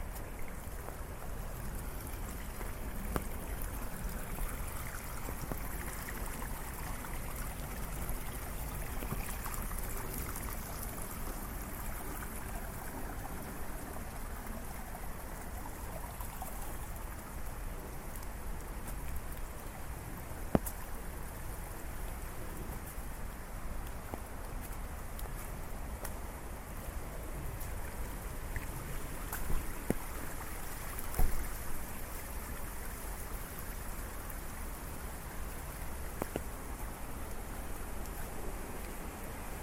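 Heavy rain pours down in a steady, dense hiss that fills the whole clip without letup. Sharp single taps and drips stand out now and then, most clearly around 20 seconds and again near 30 seconds, over a low, constant rumble.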